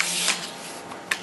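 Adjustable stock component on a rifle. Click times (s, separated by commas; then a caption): 1.1 s. An adjustable stock component on a finished coyote rifle, an 80% build, is slid into position with a broad, hissing rub and a faint tick around 0.3 seconds. It ends in one sharp click at 1.1 seconds as the part locks in place.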